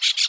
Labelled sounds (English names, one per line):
Brown-throated Parakeet contact call